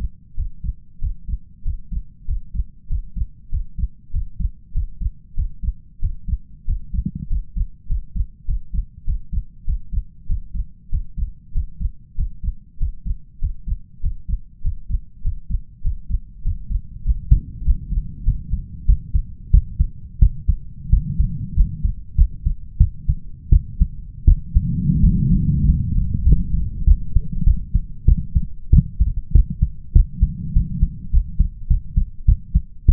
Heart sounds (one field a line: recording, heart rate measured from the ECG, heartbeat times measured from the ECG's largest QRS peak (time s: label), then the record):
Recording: heart sounds by stethoscope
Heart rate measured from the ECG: 96 bpm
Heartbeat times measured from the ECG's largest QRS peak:
0.34 s: heartbeat
0.99 s: heartbeat
1.62 s: heartbeat
2.25 s: heartbeat
2.87 s: heartbeat
3.49 s: heartbeat
4.11 s: heartbeat
4.72 s: heartbeat
5.34 s: heartbeat
5.99 s: heartbeat
6.65 s: heartbeat
7.27 s: heartbeat
7.87 s: heartbeat
8.45 s: heartbeat
9.04 s: heartbeat
9.64 s: heartbeat
10.26 s: heartbeat
10.89 s: heartbeat
11.52 s: heartbeat
12.15 s: heartbeat
12.77 s: heartbeat
13.39 s: heartbeat
14.00 s: heartbeat
14.61 s: heartbeat
15.22 s: heartbeat
15.82 s: heartbeat
16.42 s: heartbeat
17.03 s: heartbeat
17.63 s: heartbeat
18.24 s: heartbeat
18.85 s: heartbeat
19.50 s: heartbeat
20.18 s: heartbeat
20.89 s: heartbeat
21.54 s: heartbeat
22.15 s: heartbeat
22.77 s: heartbeat
23.49 s: heartbeat
24.25 s: heartbeat
25.00 s: heartbeat
25.65 s: heartbeat
26.23 s: heartbeat
26.84 s: heartbeat
27.44 s: heartbeat
28.05 s: heartbeat
28.70 s: heartbeat
29.32 s: heartbeat
29.93 s: heartbeat
30.53 s: heartbeat
31.11 s: heartbeat
31.67 s: heartbeat
32.25 s: heartbeat
32.86 s: heartbeat
From the record:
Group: healthy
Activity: Valsalva maneuver 0-16 s, rest 16-33 s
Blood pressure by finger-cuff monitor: 117/86 mmHg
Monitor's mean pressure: 95 mmHg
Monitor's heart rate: 98 bpm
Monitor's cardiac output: 6.5 L/min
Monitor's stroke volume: 67 mL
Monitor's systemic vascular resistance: 1060 dyn s/cm5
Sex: male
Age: 21 years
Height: 180 cm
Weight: 67.5 kg